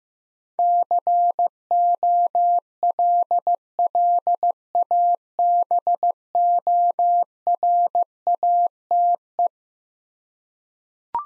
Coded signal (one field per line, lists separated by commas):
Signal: Morse code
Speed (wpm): 16 wpm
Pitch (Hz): 700 Hz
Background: none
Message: COLLABORATE